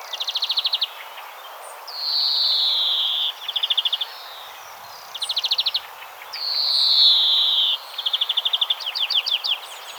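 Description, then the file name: European greenfinch alternating quick, even rattling trills with two drawn-out, descending buzzy wheezes, the trills repeated several times across the recording. "Chloris chloris"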